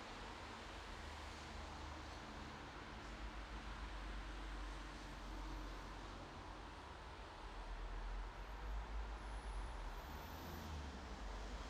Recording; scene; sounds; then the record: everyday scene through a hearing-aid microphone; in traffic; traffic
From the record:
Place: bus stop on a city main road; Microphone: in the ear canal, right